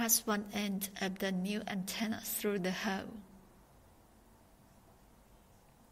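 Someone talks for about three seconds while one end of a new antenna for a RadioLink AT9S/AT9S Pro transmitter is passed through the hole in the plastic transmitter case and lined up before being pushed home. The rest of the clip is quiet, and nothing has seated or clicked yet.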